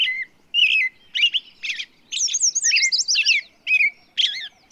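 Bird song: several chirps, then a tumbling sequence of high sliding whistles, with a soft lower trill running beneath.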